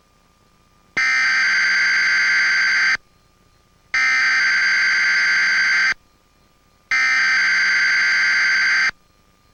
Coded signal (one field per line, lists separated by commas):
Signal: Emergency Alert System (SAME) tones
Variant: header bursts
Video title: EAS/EBS history part 2 (2001-2010) (LOUD SOUND WARNING)